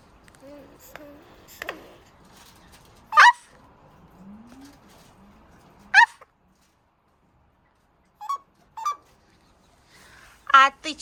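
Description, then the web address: Eurasian jay mimicry: scattered sharp barks and yelps, low rising squeaks and chattering notes spread irregularly across the recording. Jay imitating voices, including dog barks and chatter. "le geai imite les voix aboiements et bavardages"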